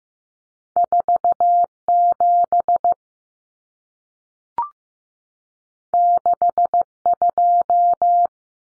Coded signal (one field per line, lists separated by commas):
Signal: Morse code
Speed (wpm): 15 wpm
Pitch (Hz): 700 Hz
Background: none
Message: 47 62